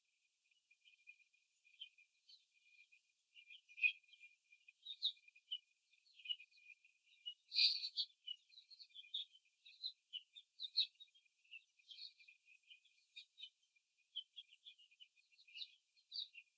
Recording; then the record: young laying hens in a cage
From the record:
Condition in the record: before the stressor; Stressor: simulated dog barking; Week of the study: 3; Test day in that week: 2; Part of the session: 2